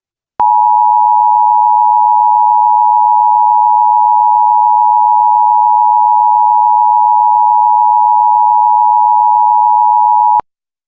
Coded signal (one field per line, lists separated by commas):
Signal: Emergency Alert System (SAME) tones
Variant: 853 and 960 Hz attention tone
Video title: EAS Scenario - Double Threat: SCP-106 & -280